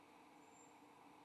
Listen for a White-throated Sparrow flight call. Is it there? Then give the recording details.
no. No flight call is heard. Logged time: 05:29 on 29 November 2014